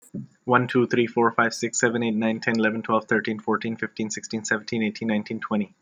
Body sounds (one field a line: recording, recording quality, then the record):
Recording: counting at a fast pace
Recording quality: excellent, no background noise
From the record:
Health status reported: healthy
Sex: male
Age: 33 years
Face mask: not worn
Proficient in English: yes